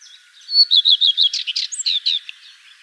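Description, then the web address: Common redstart song: a short high phrase of repeated sweet notes, then a quick varied jumble of buzzy, scratchy twitters that fades out. "vogelstimmen gartenrotschwanz gesang nabu lars lachmann"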